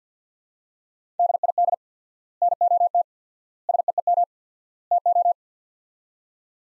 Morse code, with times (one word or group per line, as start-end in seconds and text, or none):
1.2-1.7 DID
2.4-3.0 NOT
3.7-4.2 SEEM
4.9-5.3 TO